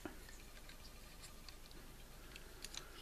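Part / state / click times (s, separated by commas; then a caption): plastic pincer onto toy robot / not seated / none. A plastic pincer part is pushed onto a Playmobil Future Planet E-Rangers robot (set 5152), producing only faint scattered ticks and light plastic taps over a low background hiss. Nothing has clicked or seated yet; the pincer stays unclipped because it can't be forced on without risking breaking the toy.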